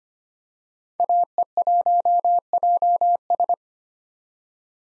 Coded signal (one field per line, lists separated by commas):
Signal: Morse code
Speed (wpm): 25 wpm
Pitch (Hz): 700 Hz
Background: none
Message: AE1JS